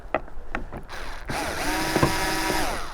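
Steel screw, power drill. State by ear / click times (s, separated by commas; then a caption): stripped / none. A power drill drives a screw on a new exterior light into a motorhome body, giving sharp ticks at 0.2 s and 0.6 s and then a steady whirring motor whine from about 1.3 s. The thread in the hole is stripped, so the screw spins freely and does not tighten; nothing seats or clicks home. Someone talks.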